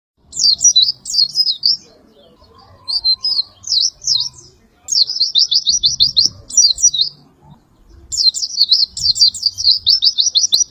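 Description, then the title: White-eye song in four high twittering bursts, each a fast series of zigzag notes, separated by short silences. "Pleci"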